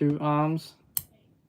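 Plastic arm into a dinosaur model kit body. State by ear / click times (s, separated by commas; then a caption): seated / 1.0 s. Someone talks briefly before a second plastic arm is snapped into the body joint of a dinosaur model kit. The arm clicks sharply into place at 0.9 s… correction, at 1.0 s (0.97 s), seating firmly and audibly. Wait—must give to one decimal cleanly: Someone talks briefly before a second plastic arm is snapped into the body joint of a dinosaur model kit. A sharp, bright click at 1.0 s marks the arm seating firmly into the joint, followed by near silence.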